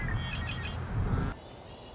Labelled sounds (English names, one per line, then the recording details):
Red-winged Blackbird
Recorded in Sonoma County, California